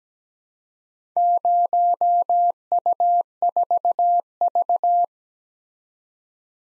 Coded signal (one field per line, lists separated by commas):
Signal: Morse code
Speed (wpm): 17 wpm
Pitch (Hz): 700 Hz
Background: none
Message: 0U4V